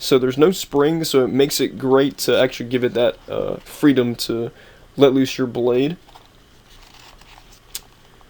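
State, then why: Seated. Someone talks for about the first six seconds about a homemade Assassin's Creed Syndicate cosplay gauntlet whose gravity-fed hidden blade has no spring and is let loose. After a quieter stretch with a few faint ticks, a sharp click at 7.8 s marks the blade locking in place by its latch mechanism.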